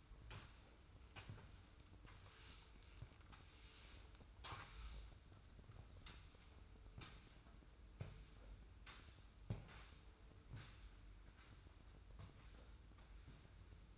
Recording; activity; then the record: daily activity, microphone in the room; sweep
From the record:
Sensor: 2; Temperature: 25.1 degrees Celsius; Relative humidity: 45.4%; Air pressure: 990.3 hPa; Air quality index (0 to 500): 210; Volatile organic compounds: 1000 ppm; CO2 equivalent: 6742 ppm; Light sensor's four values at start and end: 31/73/30/30 and 30/70/29/29